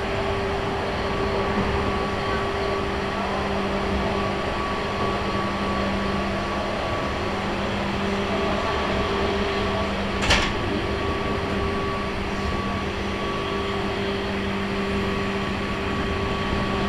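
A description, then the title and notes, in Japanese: A local train on the Chuo Line sits stopped at a station, its motors and equipment giving off a steady, even hum with a few constant whining tones. The drone barely changes throughout, broken only by a single sharp click around ten seconds. 中央東線普通 大月→高尾。四方津駅で特急の通過待ちで9分停車します。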